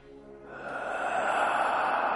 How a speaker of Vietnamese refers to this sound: Một hơi thở cuồng dại thoát ra.